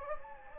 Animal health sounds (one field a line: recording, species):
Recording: mosquito wingbeat signal from an infrared sensor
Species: Anopheles gambiae